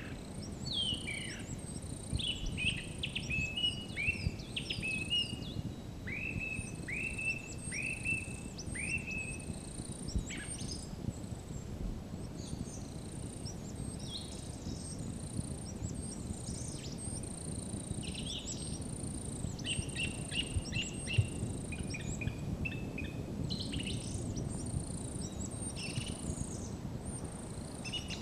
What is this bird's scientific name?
Turdus philomelos